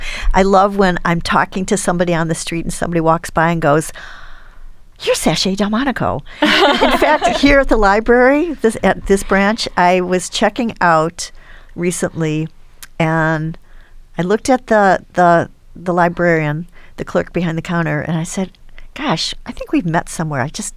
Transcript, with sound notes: I love when I'm talking to somebody on the street and somebody walks by and goes, you're Sashay Delmonico. [LAUGHTER] In fact, here at the library at this branch, I was checking out recently, and I looked at the librarian, the clerk behind the counter, and I said, Gosh, I think we've met somewhere.